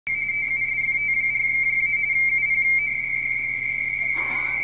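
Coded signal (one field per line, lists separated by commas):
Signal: RTTY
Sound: continuous warbling two-tone teleprinter chirp around 2 kHz, then noise burst at end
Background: radio static, low hum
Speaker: We're currently looking at a RTTY pileup on 30 meters for Fox Tango 4 Japan Alpha from Wanda Nova.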